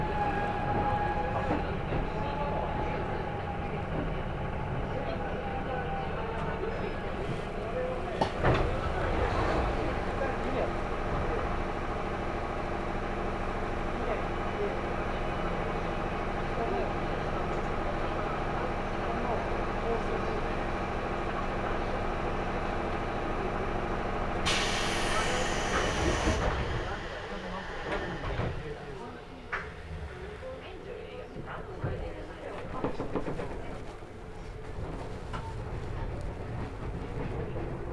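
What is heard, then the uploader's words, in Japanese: A local train on the Chuo East Line sits waiting at a station for a limited express to pass, with a steady low rumble and humming tones throughout. A thump comes near 8 seconds, a sharp hiss at about 25 seconds, then quieter, uneven sounds. 中央東線普通 大月→高尾。四方津駅で特急の通過待ちで9分停車します。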